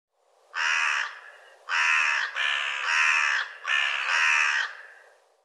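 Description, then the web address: Bird giving three harsh, drawn-out cawing calls, the second and third each doubled into a longer two-part note, with short pauses between them. Calls rendered as "co co co co". "Deverinetal Bird Co Co Co Co"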